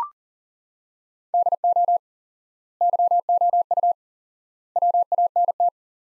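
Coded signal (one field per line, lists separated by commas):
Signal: Morse code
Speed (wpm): 40 wpm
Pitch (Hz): 700 Hz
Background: none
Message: DO YOU WANT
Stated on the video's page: Morse practice at 40 wpm, sentences from top 200 words with 4x word spacing, similar to the Farnsworth method.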